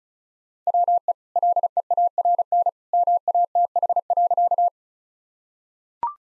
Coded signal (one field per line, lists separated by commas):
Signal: Morse code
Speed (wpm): 36 wpm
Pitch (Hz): 700 Hz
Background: none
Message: WE LEARN MATH.